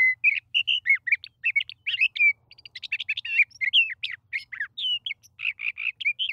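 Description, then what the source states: Sage thrasher song: a fast, jumbled stream of varied warbling, chattering and squeaky notes, constantly changing in pitch. Male singing to keep his territory intact.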